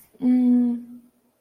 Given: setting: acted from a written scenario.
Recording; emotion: vocal sound without words; distress